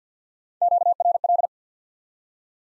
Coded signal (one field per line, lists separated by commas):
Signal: Morse code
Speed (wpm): 50 wpm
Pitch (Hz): 700 Hz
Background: none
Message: QRL